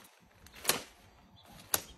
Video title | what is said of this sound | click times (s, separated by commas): Volgo Twin Umbrella Stroller - Dream On Me | and then you'll see this part here you'll press down with both feet till it clicks | 1.7 s